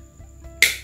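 A plastic dropper nozzle is pressed further into the neck of an e-liquid bottle. A quiet background with faint steady tones gives way to a sharp, loud click at 0.6 s, followed by a short bright decay. The nozzle has snapped home and is seated in the bottle.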